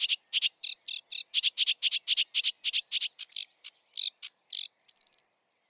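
Sedge warbler singing a rapid chattering run of harsh grating notes, about four per second, slowing slightly and ending on a sharp whistled note.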